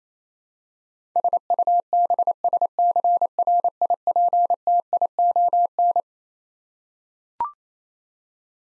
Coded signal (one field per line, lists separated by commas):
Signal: Morse code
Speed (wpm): 28 wpm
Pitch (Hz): 700 Hz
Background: none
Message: SUBSCRIPTION